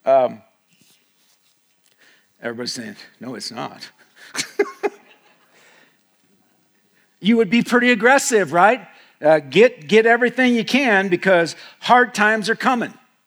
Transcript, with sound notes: Everybody's saying, "No, it's not." [laughter] You would be pretty aggressive, right? Get everything you can because hard times are coming.